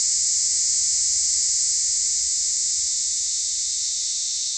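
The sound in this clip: Cicada, a loud, constant, hiss-like buzz at high pitch, steady from start to finish.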